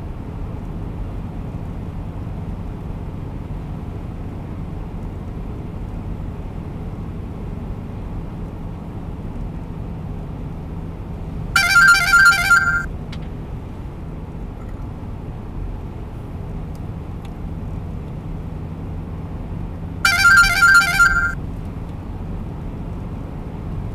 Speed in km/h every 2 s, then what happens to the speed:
91, 91, 92, 92, 90, 89, 87, 88, 88, 88, 90, 92.
0-24 steady at about 90.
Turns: none.